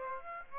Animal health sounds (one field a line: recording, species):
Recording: mosquito wingbeat signal from an infrared sensor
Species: Aedes aegypti